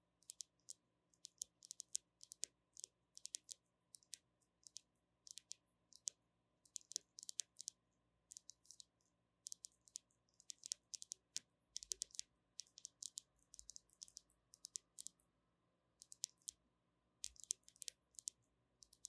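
Gentle tapping comes as quick, light, crisp clicks, often in short bursts of two to five taps separated by brief pauses. The rhythm is uneven and continues throughout, with a faint low steady hum underneath.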